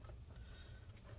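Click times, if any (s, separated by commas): none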